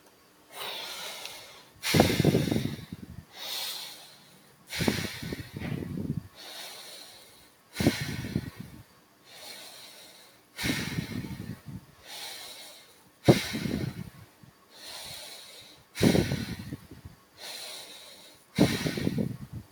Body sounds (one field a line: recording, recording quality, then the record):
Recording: deep breathing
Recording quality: excellent, no background noise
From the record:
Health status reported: healthy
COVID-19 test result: not tested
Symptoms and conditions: none ticked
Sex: male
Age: 22 years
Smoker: not ticked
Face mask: not worn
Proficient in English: yes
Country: India